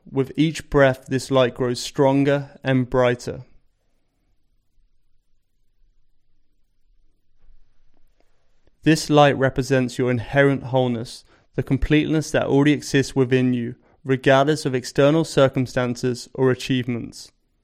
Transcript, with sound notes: With each breath, this light grows stronger and brighter. [Pause 10 seconds] This light represents your inherent wholeness – the completeness that already exists within you, regardless of external circumstances or achievements.